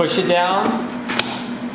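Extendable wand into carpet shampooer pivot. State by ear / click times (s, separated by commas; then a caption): seated / 1.2 s. An extendable wand is pushed down into the plastic pivot socket of a Prolux Storm carpet shampooer for Rainbow D4 and SE vacuum cleaners while someone talks. A single sharp click at 1.2 s shows the wand snapping home and locking in place.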